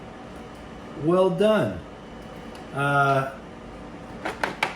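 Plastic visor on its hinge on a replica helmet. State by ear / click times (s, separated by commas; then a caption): seated / 4.6 s. Someone talks while the plastic visor on its hinge on a collectible replica helmet is raised, with a short series of light plastic clicks near the end. The visor clicks into its raised position at 4.6 seconds and seats in its detent with a clean, satisfying click.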